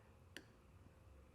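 A display cable connector, held by the wire with a thumb, is pushed with a tool and a firm press into its port on the display of an INTENSE Recon MX e-bike. A single sharp click sounds at 0.4 s over a quiet background, and the connector is seated.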